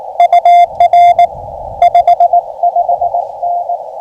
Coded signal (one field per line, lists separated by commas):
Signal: Morse code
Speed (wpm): 21 wpm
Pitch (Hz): 690 Hz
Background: radio noise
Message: UR 55N